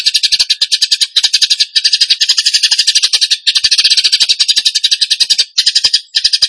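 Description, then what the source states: Bird song: a loud, nearly continuous stream of fast, high, chattering notes with only a few short breaks. Song in the 'tembakan gacor' style, used to train other birds.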